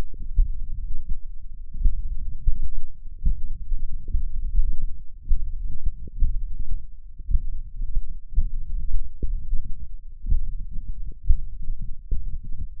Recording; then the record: forearm muscle sounds (acoustic myography)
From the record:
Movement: finger pinch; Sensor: system 1, eight BSWA MPA416 microphones around the upper forearm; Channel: 8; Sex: male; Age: 21 years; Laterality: right